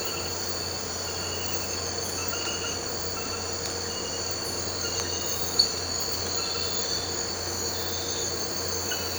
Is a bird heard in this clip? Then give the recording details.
no. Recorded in pastures near Puerto Asís, Putumayo, Colombia, on 8 March 2025 at 01:00. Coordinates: 0.466, -76.322. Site CSA-02